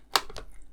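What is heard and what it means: A plastic barbette for a 1:200 Agora Models Bismarck battleship model is lined up and pushed into its hole in the deck. A sharp, bright click sounds at 0.2 s and a second, softer click at 0.4 s, followed by faint small taps. The barbette is seated firmly in place.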